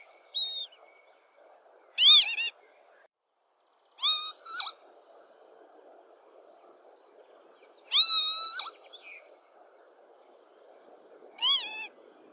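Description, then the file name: Lapwing calling four times, each a strident, nasal, arched cry, often doubled, spaced irregularly. A brief high whistle from another bird is heard near the start. "canto do abibe"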